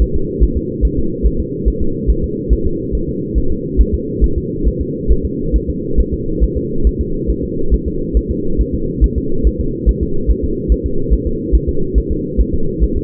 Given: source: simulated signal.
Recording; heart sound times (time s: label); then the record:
fetal heart sounds
0.02 s: S1
0.16 s: S2
0.44 s: S1
0.57 s: S2
0.85 s: S1
0.99 s: S2
1.26 s: S1
1.40 s: S2
1.68 s: S1
1.82 s: S2
2.10 s: S1
2.24 s: S2
2.53 s: S1
2.66 s: S2
2.95 s: S1
3.09 s: S2
3.38 s: S1
3.52 s: S2
3.81 s: S1
3.94 s: S2
4.24 s: S1
4.38 s: S2
4.68 s: S1
4.81 s: S2
5.12 s: S1
5.25 s: S2
5.56 s: S1
5.70 s: S2
6.00 s: S1
6.14 s: S2
6.44 s: S1
6.57 s: S2
6.87 s: S1
7.01 s: S2
7.30 s: S1
7.44 s: S2
7.74 s: S1
7.87 s: S2
8.17 s: S1
8.31 s: S2
8.61 s: S1
8.74 s: S2
9.04 s: S1
9.18 s: S2
9.47 s: S1
9.60 s: S2
9.89 s: S1
10.03 s: S2
10.31 s: S1
10.44 s: S2
10.72 s: S1
10.86 s: S2
11.13 s: S1
11.27 s: S2
11.55 s: S1
11.69 s: S2
11.98 s: S1
12.12 s: S2
12.41 s: S1
12.54 s: S2
12.83 s: S1
12.97 s: S2
From the record:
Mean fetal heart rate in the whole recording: 140 bpm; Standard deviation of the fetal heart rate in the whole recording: 2 bpm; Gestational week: 34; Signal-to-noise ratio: -8.1 dB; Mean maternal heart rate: 72 bpm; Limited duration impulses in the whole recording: absent